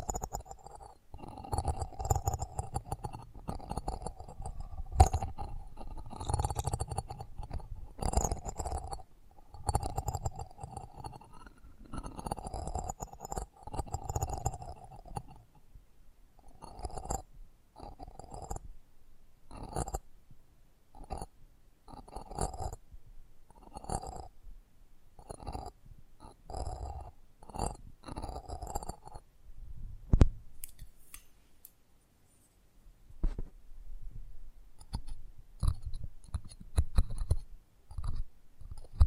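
Close-up microphone treatment: rubbing, scraping and bumping against the mic. The first fifteen seconds are dense, with low rumbling and a steady droning tone under the friction. After that it breaks into separate clicks, taps and knocks with short gaps, turning busier again after thirty seconds.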